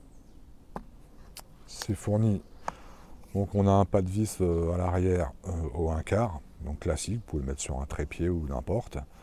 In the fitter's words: ça vient, hop, se clipser sur l'appareil.